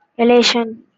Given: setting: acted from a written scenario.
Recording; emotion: vocal sound without words; elation